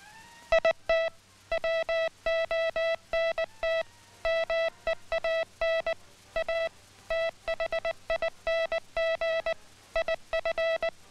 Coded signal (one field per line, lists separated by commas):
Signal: Morse code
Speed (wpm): 20 wpm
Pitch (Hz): 660 Hz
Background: music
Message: IT WONT MEAN A THING IF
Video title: INTERNATIONAL MORSE CODE, HAND SENDING